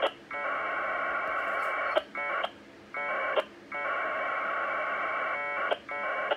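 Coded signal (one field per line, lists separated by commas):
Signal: packet radio (AX.25, as in APRS)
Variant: 1200 baud Bell 202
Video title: NinoTNC N9600A - 1200 Baud Bell 202 AX25 Winlink Client Test - W8CMN Mi7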